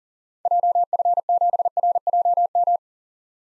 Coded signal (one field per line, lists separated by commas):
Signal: Morse code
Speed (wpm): 38 wpm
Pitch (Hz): 700 Hz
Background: none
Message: JF7RJM